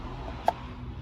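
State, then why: Seated. During an oil change on a 2007 Audi A4 Cabriolet Quattro (6cyl), a new oil filter element is pushed onto its plastic filter housing cap. A single short, sharp snap is heard at 0.5 s over a steady low background hum. The element is confirmed seated.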